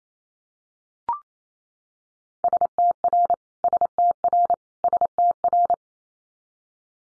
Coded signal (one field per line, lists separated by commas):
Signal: Morse code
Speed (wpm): 28 wpm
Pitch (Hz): 700 Hz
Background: none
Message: STR STR STR